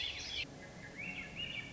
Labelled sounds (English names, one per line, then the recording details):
Swainson's Thrush
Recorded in Sonoma County, California